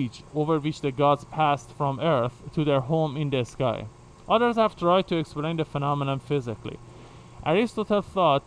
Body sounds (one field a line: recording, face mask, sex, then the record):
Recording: reading aloud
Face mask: surgical mask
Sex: male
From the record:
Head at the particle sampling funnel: facing it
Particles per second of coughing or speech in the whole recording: 0.101